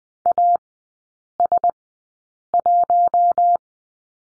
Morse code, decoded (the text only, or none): AS1